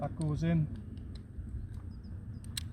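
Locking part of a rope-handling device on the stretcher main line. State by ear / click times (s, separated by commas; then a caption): seated / 2.6 s. During steep-slope rope training, the locking part of a rope-handling device on the stretcher main line is pushed so two parts go back in, and it clicks shut with a sharp metal snap at 2.6 s, the strongest hit in the clip. Someone talks at the start, and a few softer ticks come before the snap. The device is seated and the click is confirmed.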